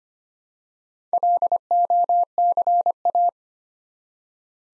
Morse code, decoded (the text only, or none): LOCA